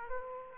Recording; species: mosquito wingbeat signal from an infrared sensor; Aedes aegypti